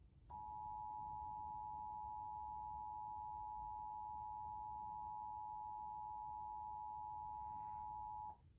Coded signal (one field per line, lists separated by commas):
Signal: Emergency Alert System (SAME) tones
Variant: 853 and 960 Hz attention tone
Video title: WPVI-TV Emergency Alert System Required Monthly Test in PA (EAS #138)